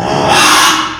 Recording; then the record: squeal of a Yucatan mini pig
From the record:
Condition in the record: after surgery on the right vocal fold (resection and tissue-engineered implant); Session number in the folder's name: 3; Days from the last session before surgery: 33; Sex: male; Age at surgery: 12 weeks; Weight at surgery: 13 kg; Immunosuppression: cyclosporine, prednisolone